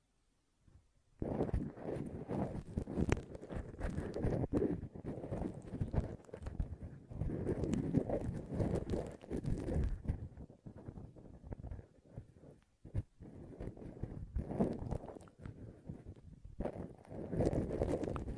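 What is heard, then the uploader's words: Ear cleaning and blowing: dense, rustling, scratchy scrubbing bursts starting after a second of silence, with brief pauses near 10 and 13 seconds. ASMR Ear Cleaning and Blowing (No Talking).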